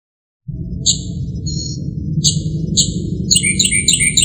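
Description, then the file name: Northern mockingbird singing a few high whistled phrases, then a quick run of rapid chirps near the end, with low hum underneath. "kicauan-burung-northern-mockingbird -omkicau"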